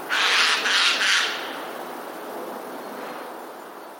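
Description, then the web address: Eurasian jay giving harsh, rasping screeches, three quick hoarse bursts in the first second and a half, then quiet background hiss. Recorded 12 January 2020. "wroblowe ostrzegator sojka 12 01 2020"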